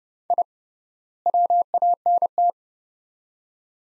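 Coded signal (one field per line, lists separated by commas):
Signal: Morse code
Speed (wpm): 31 wpm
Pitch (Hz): 700 Hz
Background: none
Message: I WANT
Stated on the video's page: Morse practice, sets of two words at 30 wpm with 3x word spacing, a word-based analogue of Farnsworth spacing, for head-copy training.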